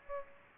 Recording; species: mosquito wingbeat signal from an infrared sensor; Aedes aegypti